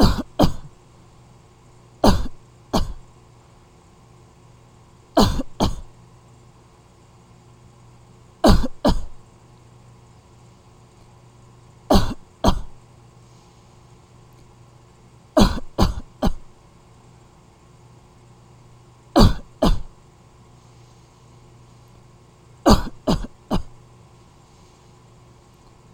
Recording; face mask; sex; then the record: voluntary coughing; none; female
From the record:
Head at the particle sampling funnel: facing it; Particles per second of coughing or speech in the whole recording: 4.69